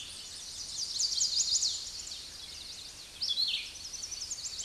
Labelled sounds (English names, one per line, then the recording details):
Red-eyed Vireo song
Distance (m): 10 m
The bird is about 5 m above the microphone
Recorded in a Pennsylvania forest on 16 May 2024 at 09:27
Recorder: AudioMoth, point MSD-2257
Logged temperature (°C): 16.0 °C
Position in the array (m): 186 m, 160 m